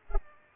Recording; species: mosquito wingbeat signal from an infrared sensor; Culex pipiens